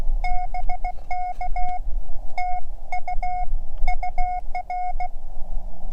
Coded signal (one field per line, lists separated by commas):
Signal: Morse code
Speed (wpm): 17 wpm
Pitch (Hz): 720 Hz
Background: none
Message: BK TU UR